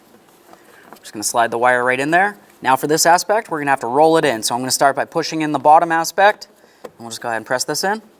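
Someone talks while sliding a wire into place and handling a plastic mirror trim piece for the door panel of a 2006–2010 Ford Explorer, starting to roll it in from the bottom and press it in. Only faint handling taps are heard near the start. Nothing has seated or clicked yet.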